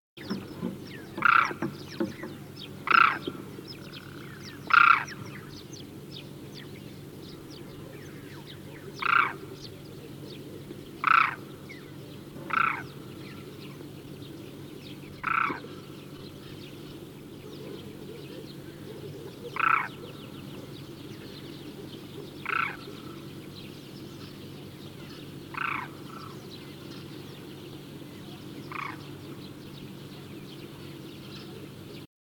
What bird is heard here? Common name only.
Demoiselle Crane